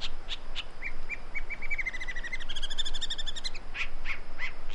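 Great woodswallow calls: clipped, slightly harsh notes in a quickening series, then a dense chattering run and a few spaced notes, against constant low hiss.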